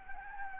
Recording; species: mosquito wingbeat signal from an infrared sensor; Anopheles gambiae